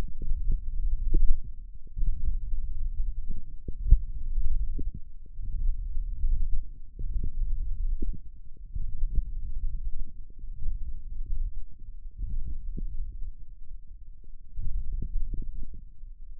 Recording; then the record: forearm muscle sounds (acoustic myography)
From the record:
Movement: hook grip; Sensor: system 1, eight BSWA MPA416 microphones around the upper forearm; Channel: 8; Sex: male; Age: 18 years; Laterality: right